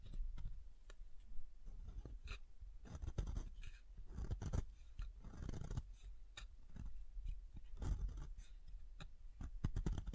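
Soap being tapped and carved, with frequent sharp clicks and taps scattered irregularly through the ten seconds, several strong ones near 2.5, 4.5, 8 and 10 seconds. Between them runs a soft scraping, cutting texture with a low thumpy undertone, fairly dense and uneven.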